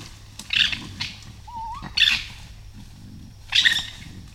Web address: raccoon